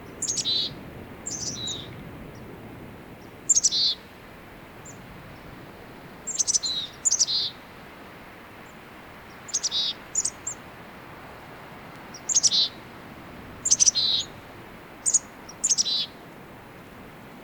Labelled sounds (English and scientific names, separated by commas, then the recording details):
Mountain Chickadee (Poecile gambeli) call
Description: Mountain Chickadee call recorded on the Gem Lake Trail in Rocky Mountain National Park
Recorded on 25 May 2016